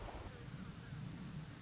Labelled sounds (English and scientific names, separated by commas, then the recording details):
Anna's Hummingbird (Calypte anna)
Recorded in Sonoma County, California